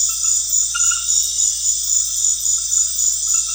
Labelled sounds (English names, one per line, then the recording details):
none
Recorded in pastures near Puerto Asís, Putumayo, Colombia, on 4 March 2025 at 20:00
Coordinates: 0.502, -76.324
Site GP07